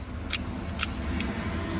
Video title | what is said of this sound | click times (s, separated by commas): #Master Padlock to use to locked the Property | and then push up all into the lock until it clicks so right here clicks | 0.3 s